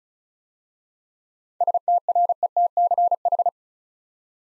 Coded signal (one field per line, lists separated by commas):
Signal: Morse code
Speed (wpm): 36 wpm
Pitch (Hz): 700 Hz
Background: none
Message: STRETCH